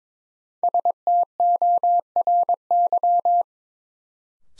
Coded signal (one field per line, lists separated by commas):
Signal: Morse code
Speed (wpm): 22 wpm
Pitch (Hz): 700 Hz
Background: none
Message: STORY